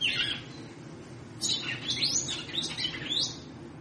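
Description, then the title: Red-cowled cardinal song: a slurred whistle, then after a pause a rapid run of sharp descending chirped notes, against faint steady hum. Female, trilling, apparently to stimulate the male. "Canto Galo Campina Fêmea. Fêmea de GALO DE CAMPINA - TRICULANDO,BATENDO FOGO PRA ESQUENTAR O MACHO"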